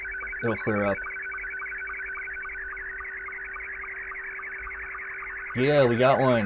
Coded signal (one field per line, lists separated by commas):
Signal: SSTV (slow-scan television)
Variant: Scottie 2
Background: speech